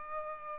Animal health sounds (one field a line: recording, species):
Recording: mosquito wingbeat signal from an infrared sensor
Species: Culex pipiens